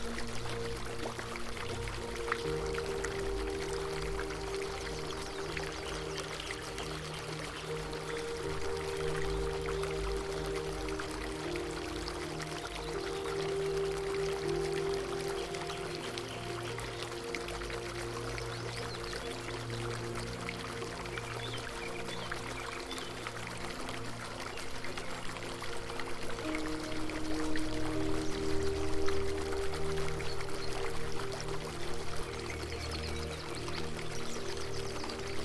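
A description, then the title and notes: A fountain pours and splashes steadily throughout, a dense wash of water, with low sustained tones humming beneath and swelling slightly near the end. Relaxing Music, Fountain Sounds & Nature Sounds. Immerse yourself in the tranquility of a botanical garden (or should we say haven), where the delicate melodies of fountain sounds harmonize with relaxing music. The gentle murmur of a crystal-clear fountain.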